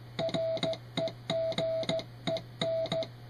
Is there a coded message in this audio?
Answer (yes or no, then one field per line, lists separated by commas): yes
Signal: Morse code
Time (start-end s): 0.2-3.0 s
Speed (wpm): 15 wpm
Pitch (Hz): 650 Hz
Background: music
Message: REGEN